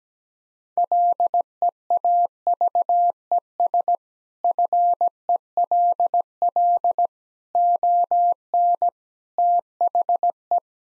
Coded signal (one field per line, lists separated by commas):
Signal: Morse code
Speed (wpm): 17 wpm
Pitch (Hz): 700 Hz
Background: none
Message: LEAVES FELL ON THE